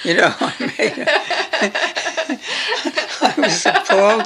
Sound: laughter

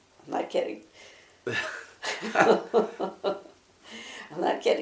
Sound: laughter

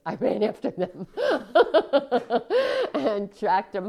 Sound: laughs

